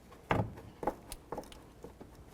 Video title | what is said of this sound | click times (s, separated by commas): How to Replace Radiator 2004-08 Ford F-150 | clicks in. Give it a nice tug. | 0.3 s